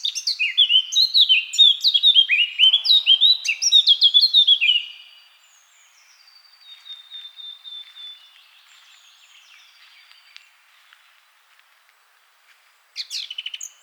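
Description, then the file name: Eurasian blackcap song: a loud rapid warble of sliding whistles for about five seconds, then quiet faint notes, with a brief burst of song near the end. "Sylvia atricapilla"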